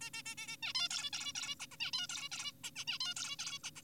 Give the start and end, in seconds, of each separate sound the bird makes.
0.01-0.10, 0.14-0.23, 0.26-0.35, 0.38-0.57, 0.63-0.73, 0.75-0.89, 0.91-1.10, 1.13-1.32, 1.35-1.55, 1.60-1.67, 1.72-1.77, 1.80-1.91, 1.93-2.07, 2.09-2.29, 2.32-2.52, 2.64-2.71, 2.76-2.85, 2.88-2.98, 3.00-3.14, 3.17-3.37, 3.39-3.58, 3.64-3.71, 3.76-3.82